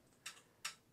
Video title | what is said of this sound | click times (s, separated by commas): GI Joe Classified Retro Cobra Trooper Review | This thing pops right in here, and this is the same | 0.3 s, 0.6 s